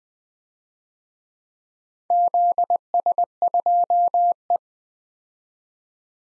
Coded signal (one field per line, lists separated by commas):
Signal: Morse code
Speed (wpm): 20 wpm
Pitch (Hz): 700 Hz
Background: none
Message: ZS2E